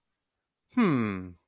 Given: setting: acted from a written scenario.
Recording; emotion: vocal sound without words; confusion